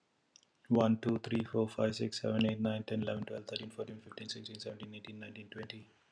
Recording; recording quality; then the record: counting at a fast pace; excellent, no background noise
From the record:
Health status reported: healthy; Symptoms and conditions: none ticked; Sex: male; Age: 50 years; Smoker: not ticked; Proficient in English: yes